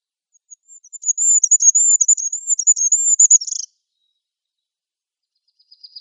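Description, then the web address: Goldcrest song: a very high, thin, rapid series of cyclic notes rising in energy and ending in a brief flourish, then silence with faint high notes at the end. "Schulze Peter Goldcrest song"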